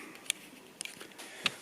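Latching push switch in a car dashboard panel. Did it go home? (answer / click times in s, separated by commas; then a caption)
yes / 0.3 s, 0.8 s, 1.5 s. Latching push switches in a car dashboard panel, now mounted with thinner washers so they can be pushed far enough down, are pressed and latch into place with sharp clicks at 0.3 s, 0.8 s and 1.5 s. Between the clicks there is only a quiet background, and the switches seat and latch as intended.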